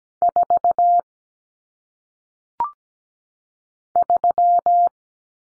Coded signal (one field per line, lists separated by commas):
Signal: Morse code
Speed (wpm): 17 wpm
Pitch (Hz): 700 Hz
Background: none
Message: 4 3